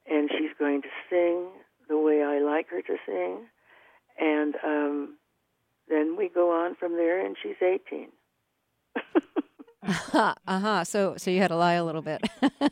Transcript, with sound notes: and she's going to sing the way I like her to sing. And then we go on from there, and she's 18 (laughter).
Aha. So you had a lie a little bit